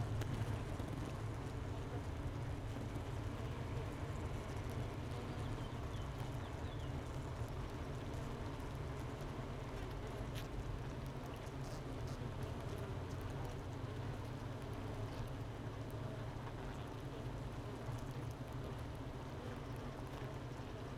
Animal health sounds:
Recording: honeybee colony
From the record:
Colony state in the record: missing queen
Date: 31 May 2018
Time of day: 9:24

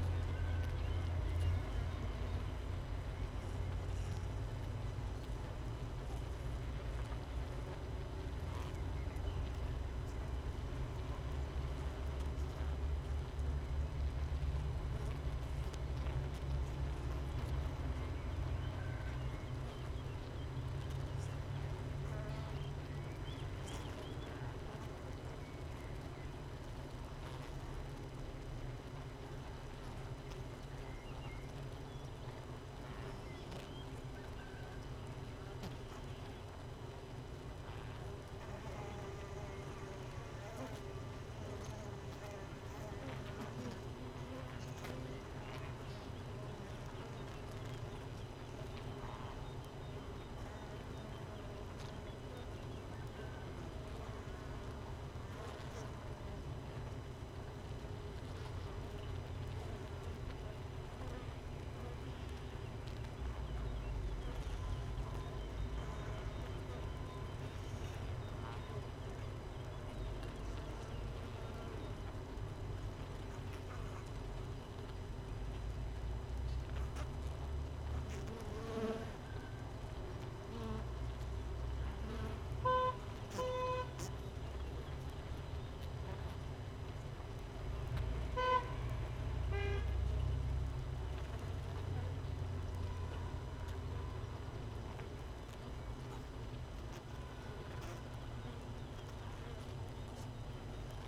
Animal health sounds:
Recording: honeybee colony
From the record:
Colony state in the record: missing queen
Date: 31 May 2018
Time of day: 6:03

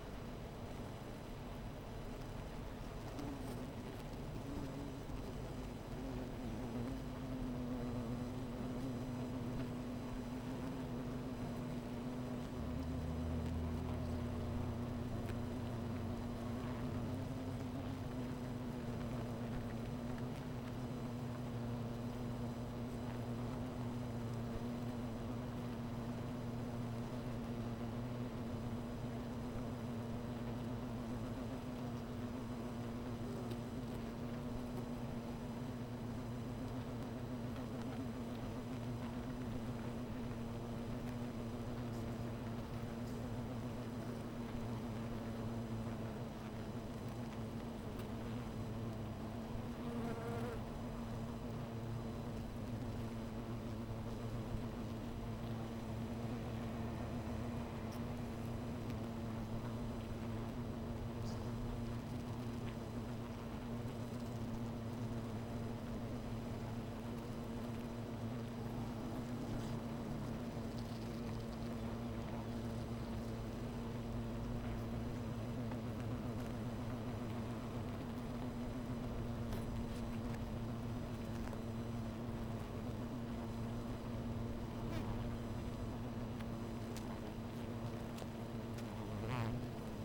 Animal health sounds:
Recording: honeybee colony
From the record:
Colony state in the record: missing queen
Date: 14 July 2017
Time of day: 16:43

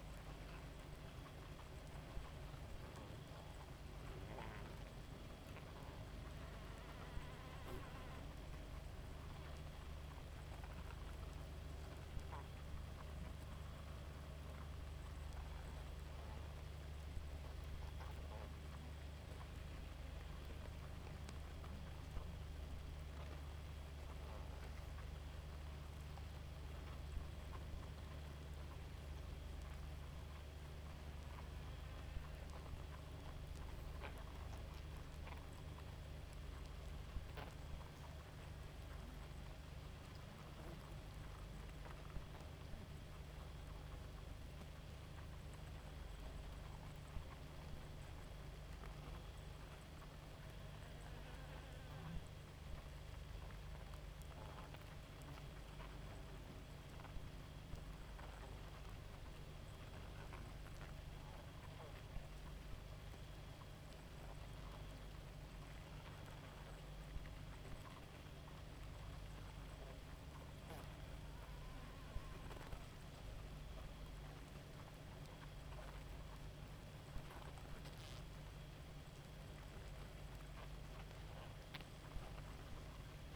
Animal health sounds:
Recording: honeybee colony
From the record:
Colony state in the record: active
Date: 28 July 2017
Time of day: 0:04

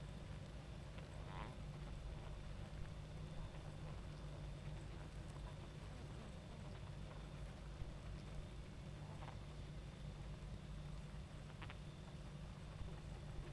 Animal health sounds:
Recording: honeybee colony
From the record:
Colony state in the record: active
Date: 28 July 2017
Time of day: 22:35

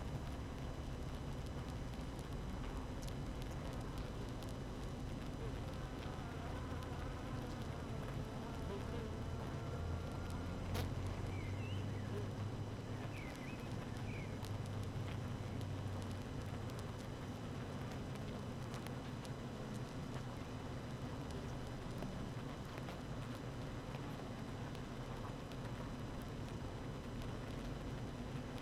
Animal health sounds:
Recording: honeybee colony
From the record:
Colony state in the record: active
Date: 12 June 2018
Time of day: 7:13

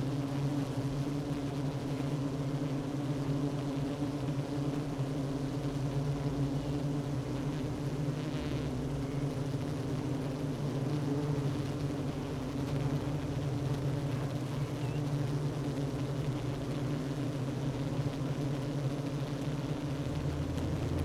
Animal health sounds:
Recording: honeybee colony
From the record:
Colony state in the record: active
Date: 12 June 2018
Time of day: 10:44

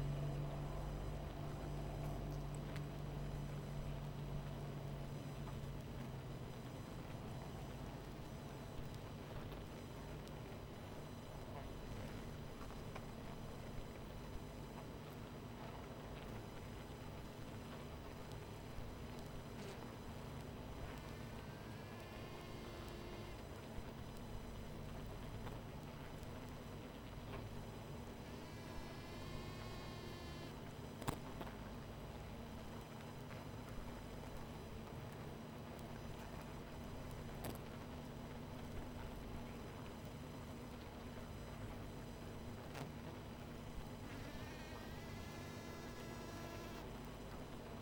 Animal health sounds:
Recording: honeybee colony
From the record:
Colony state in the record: missing queen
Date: 14 July 2017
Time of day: 22:31

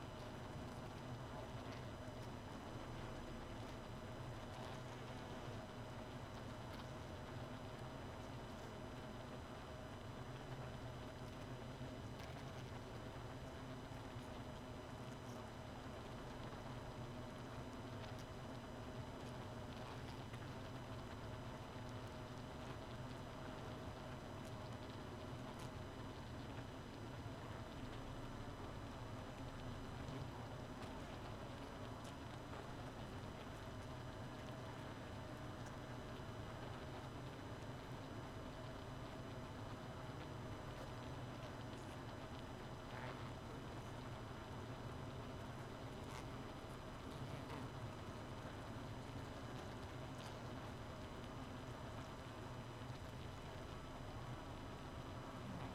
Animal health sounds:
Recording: honeybee colony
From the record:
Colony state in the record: missing queen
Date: 31 May 2018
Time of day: 2:20

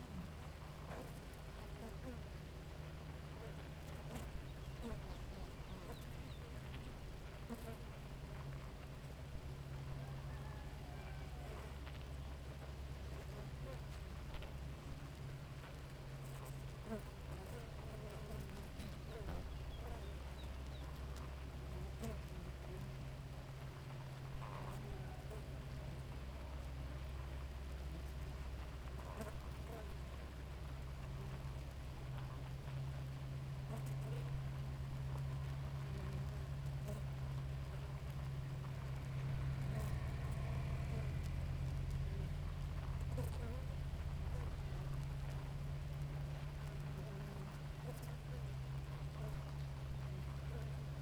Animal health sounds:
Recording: honeybee colony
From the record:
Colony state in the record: active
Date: 28 July 2017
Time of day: 4:25

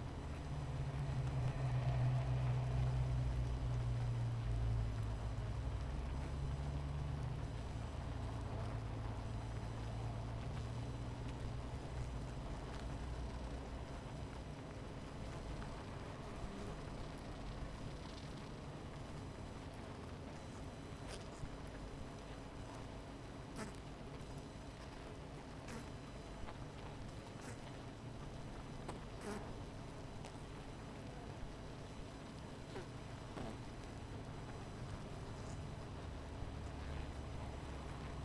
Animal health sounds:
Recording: honeybee colony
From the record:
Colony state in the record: missing queen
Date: 14 July 2017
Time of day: 17:54

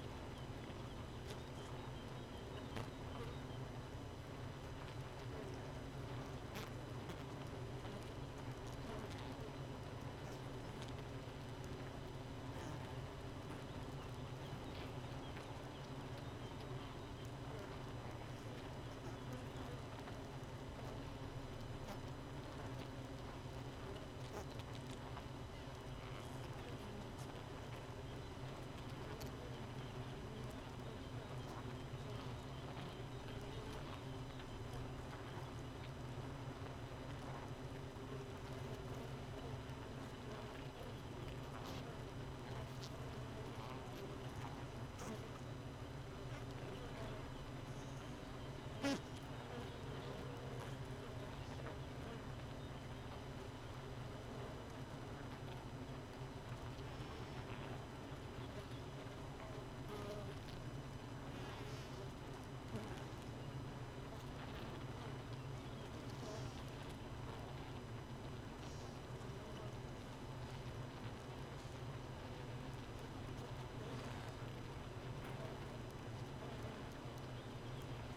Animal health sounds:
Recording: honeybee colony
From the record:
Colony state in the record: missing queen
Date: 31 May 2018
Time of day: 4:50

